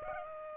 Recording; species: mosquito wingbeat signal from an infrared sensor; Aedes aegypti